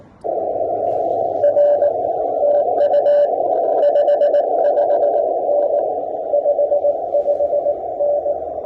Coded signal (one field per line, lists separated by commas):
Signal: Morse code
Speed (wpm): 18 wpm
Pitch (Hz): 580 Hz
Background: radio noise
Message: R TU 55N 55N